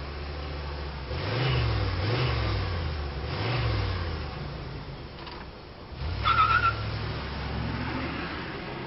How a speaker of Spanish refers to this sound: Hizo una señal con 2 de sus dedos al conductor que nos había traído hasta allí, a modo de saludo. Y este, tras devolverles el saludo, subió en el coche y se marchó de allí sin más.